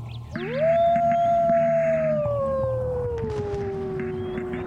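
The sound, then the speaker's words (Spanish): A single long, lonely howl swells up quickly, then holds and slowly sinks in pitch for several seconds over a low, steady droning background. “Y ya ninguno escuchamos ese aullido solitario.”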